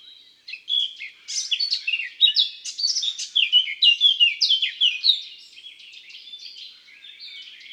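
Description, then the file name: Thrush nightingale: high, quick chirping notes tumbling in an irregular stream that is loudest in the middle before softening. Calls in the countryside. "Rossignol philomele cris Chants doiseaux dans la campagne"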